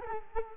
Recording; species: mosquito wingbeat signal from an infrared sensor; Culex quinquefasciatus